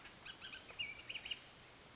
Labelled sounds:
Bullock's Oriole (Icterus bullockii)
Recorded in Sonoma County, California

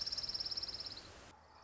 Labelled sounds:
Orange-crowned Warbler (Leiothlypis celata)
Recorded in Sonoma County, California

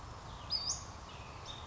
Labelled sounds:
Western Flycatcher (Empidonax difficilis)
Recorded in Sonoma County, California

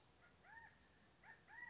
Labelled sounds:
California Quail (Callipepla californica)
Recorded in Sonoma County, California

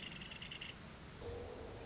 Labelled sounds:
Nuttall's Woodpecker (Dryobates nuttallii)
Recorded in Sonoma County, California

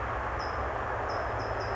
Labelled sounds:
California Towhee (Melozone crissalis)
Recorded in Sonoma County, California

